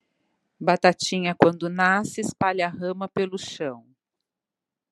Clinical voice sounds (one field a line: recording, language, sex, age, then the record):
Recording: short text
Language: Brazilian Portuguese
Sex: female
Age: 50 to 59 years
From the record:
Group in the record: control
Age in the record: 54 years